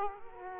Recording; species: mosquito wingbeat signal from an infrared sensor; Aedes aegypti